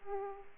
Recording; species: mosquito wingbeat signal from an infrared sensor; Aedes aegypti